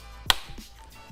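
A plastic corner moulding is pushed back onto a fish finder display unit after the visor is fitted. A single sharp click at 0.3 s shows the moulding has seated in position, followed by a few faint handling taps.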